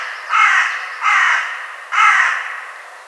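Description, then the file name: Carrion crow calling three times, coarse, throaty caws spaced under a second apart. "Corvus corone"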